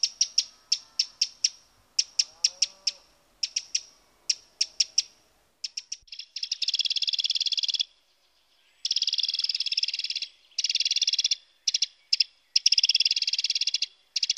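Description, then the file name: Eurasian wren: runs of sharp, high ticking notes in quick bursts, then long, loud, rapid rattling trills with short breaks between them. "Troglodyte Mignon"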